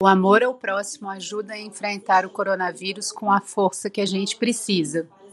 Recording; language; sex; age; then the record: spoken sentence; Brazilian Portuguese; female; 40 to 49 years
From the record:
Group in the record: control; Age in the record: 45 years